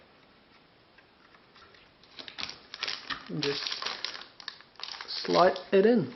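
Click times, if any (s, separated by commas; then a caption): none. A RAM stick is lined up with a motherboard DIMM memory slot before being slid in and pressed home. Light shuffling and handling taps are heard from about 2.2 s while someone talks. Nothing has seated or clicked yet.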